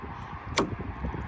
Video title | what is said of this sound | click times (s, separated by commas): How to change front wiper blades on Nissan 350z | see that click wiggle it a little bit it's stuck | 0.6 s